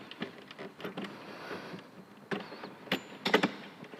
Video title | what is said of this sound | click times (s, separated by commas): The Road King 🐷 Bike is DONE! | might not have been able to see it but you can probably hear that click of it going into the right place | 2.9 s, 3.3 s